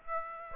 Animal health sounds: mosquito wingbeat signal from an infrared sensor; Aedes aegypti

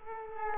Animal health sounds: mosquito wingbeat signal from an infrared sensor; Culex quinquefasciatus

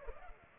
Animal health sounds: mosquito wingbeat signal from an infrared sensor; Culex pipiens

